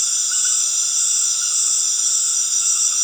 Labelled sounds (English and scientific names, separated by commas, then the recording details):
none
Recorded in dense forest near Puerto Asís, Putumayo, Colombia, on 4 March 2025 at 19:00
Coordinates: 0.481, -76.323
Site G088